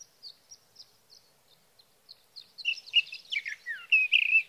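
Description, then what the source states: Sage thrasher singing: spaced soft high notes that quicken and build into a loud, rich warble. Singing male near his night roost, through the night, evenings of June 12 to mornings of June 15, 2018, Sierra Valley, California; Swift recorder.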